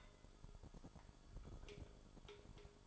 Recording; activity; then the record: daily activity, microphone in the room; take from stove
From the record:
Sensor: 5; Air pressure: 1008.0 hPa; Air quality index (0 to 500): 113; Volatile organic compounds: 1 ppm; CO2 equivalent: 875 ppm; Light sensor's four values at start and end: 28/61/26/26 and 28/60/25/25